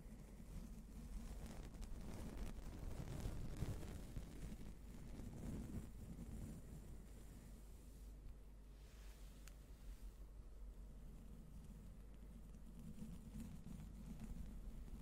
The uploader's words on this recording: ASMR NO TALKING slow and gentle mic brushing with the Blue Yeti.